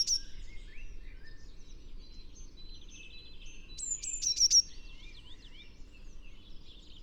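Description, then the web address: Eurasian blue tit song: one high phrase of thin notes and a quick trill stands out amid scattered twittering from other small birds. "SETE Cyanistes caeruleus"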